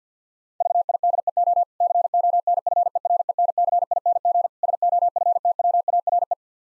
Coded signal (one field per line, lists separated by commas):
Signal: Morse code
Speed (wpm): 48 wpm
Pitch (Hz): 700 Hz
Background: none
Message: VIDEO CONFERENCING SOFTWARE